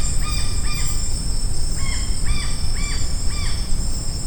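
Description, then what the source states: Blue-naped parrot calls: short harsh arched notes in pairs and runs, repeated about every half second, over a steady high insect whine and low rumble. Recorded on Maratua.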